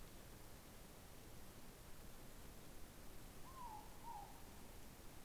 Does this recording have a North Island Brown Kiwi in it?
no